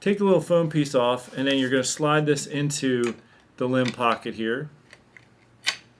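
Someone talks while removing a small foam piece and beginning to slide the bottom limb of a takedown recurve bow (Miralce X10 set) into the riser's limb pocket. After the talking, a few faint handling taps follow, with a sharper tap near 5.7 s. Nothing has seated or clicked yet.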